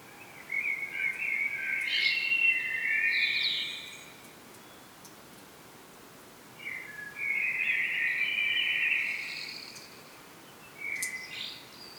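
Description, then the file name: Common blackbird with two long mellow warbling phrases, each followed by a brief high twitter, separated by a quiet pause, faint hiss throughout. "Turdus merula"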